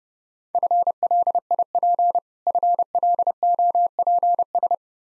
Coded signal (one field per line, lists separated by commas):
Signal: Morse code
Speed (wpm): 32 wpm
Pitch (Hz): 700 Hz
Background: none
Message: FLIP FLOPS